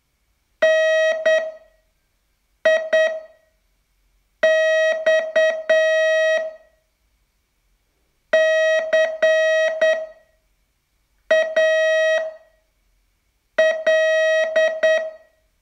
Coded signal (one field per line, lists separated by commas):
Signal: Morse code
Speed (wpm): 9 wpm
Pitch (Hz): 640 Hz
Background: none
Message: NIX CAL